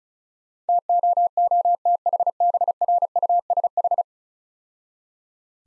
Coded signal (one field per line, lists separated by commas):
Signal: Morse code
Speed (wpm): 35 wpm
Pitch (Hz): 700 Hz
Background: none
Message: TOOTHBRUSH